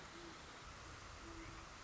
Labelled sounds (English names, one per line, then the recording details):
Great Horned Owl
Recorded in Sonoma County, California